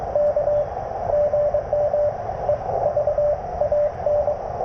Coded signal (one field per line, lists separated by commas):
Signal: Morse code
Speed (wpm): 23 wpm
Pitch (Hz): 590 Hz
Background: radio noise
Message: K GM EVAN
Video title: CW POTA with the Speed-X Model 500 Bug